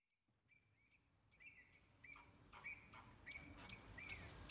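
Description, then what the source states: Flamingos honking, nasal calls starting faint and growing louder. Captive flamingos recorded in the flamingo enclosure at Bristol Zoo.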